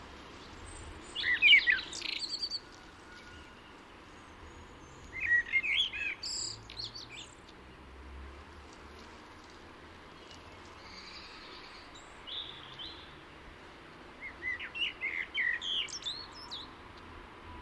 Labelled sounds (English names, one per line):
Common Blackbird song